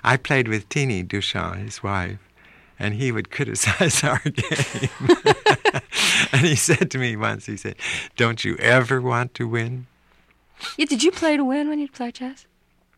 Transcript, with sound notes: I played with Teeny Duchamp, his wife and he would criticize our game.
(LAUGHTER)
And he said to me once, he said, don't you ever want to win?
Did you play to win when you played chess?